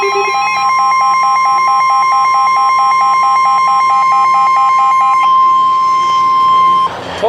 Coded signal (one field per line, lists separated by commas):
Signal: Emergency Alert System (SAME) tones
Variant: 1050 Hz attention tone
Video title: Severe Thunderstorm Warning (EAS #193)